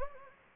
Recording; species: mosquito wingbeat signal from an infrared sensor; Anopheles gambiae